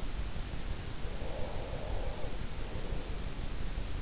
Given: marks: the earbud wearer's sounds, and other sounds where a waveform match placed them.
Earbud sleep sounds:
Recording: sounds in sleep by an in-ear microphone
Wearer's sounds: breath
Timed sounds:
0.70-3.51 s: breath

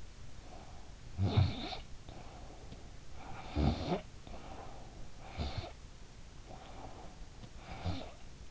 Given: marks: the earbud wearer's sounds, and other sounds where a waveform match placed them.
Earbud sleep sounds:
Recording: sounds in sleep by an in-ear microphone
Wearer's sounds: snoring breath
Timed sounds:
0.82-2.32 s: snoring breath
3.19-7.17 s: snoring breath
7.43-8.51 s: snoring breath

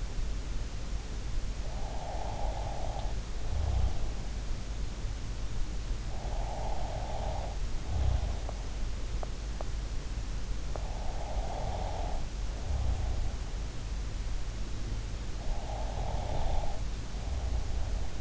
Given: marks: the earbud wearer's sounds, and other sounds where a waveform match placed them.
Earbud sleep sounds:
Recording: sounds in sleep by an in-ear microphone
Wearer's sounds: snoring breath, teeth grinding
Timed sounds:
1.69-4.25 s: snoring breath
6.12-8.31 s: snoring breath
8.31-8.61 s: teeth grinding
9.16-9.42 s: teeth grinding
9.56-9.78 s: teeth grinding
10.66-10.99 s: teeth grinding
10.99-13.72 s: snoring breath
15.38-18.20 s: snoring breath

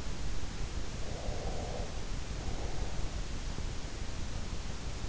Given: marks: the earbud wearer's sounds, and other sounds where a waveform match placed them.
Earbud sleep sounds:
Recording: sounds in sleep by an in-ear microphone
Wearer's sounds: breath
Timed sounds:
1.02-3.15 s: breath

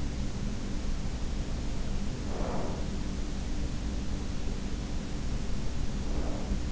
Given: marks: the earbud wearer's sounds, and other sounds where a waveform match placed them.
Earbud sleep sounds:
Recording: sounds in sleep by an in-ear microphone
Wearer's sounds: breath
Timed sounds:
1.41-3.10 s: breath
4.87-6.72 s: breath

